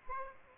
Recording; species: mosquito wingbeat signal from an infrared sensor; Aedes aegypti